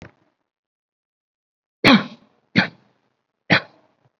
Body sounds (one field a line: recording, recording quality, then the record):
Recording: heavy voluntary cough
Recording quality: excellent, no background noise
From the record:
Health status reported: COVID-19 positive, mild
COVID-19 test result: positive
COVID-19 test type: RT-PCR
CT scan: not taken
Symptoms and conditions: none ticked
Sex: male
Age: 30 years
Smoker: no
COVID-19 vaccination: none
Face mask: not worn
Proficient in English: no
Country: India